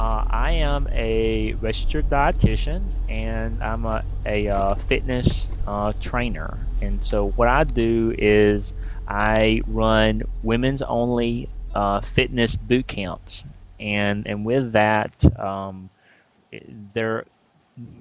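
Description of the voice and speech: Adult male speech with drawn-out vowels, mid-phrase pauses and hesitations, consistent with stuttering with prolongations and brief blocks.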